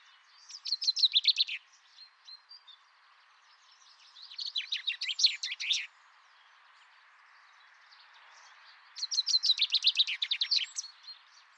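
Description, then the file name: Common chaffinch song: three brisk, descending trills spaced a few seconds apart, with soft chirps between them. "Fringilla coelebs"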